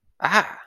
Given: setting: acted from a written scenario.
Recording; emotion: vocal sound without words; pride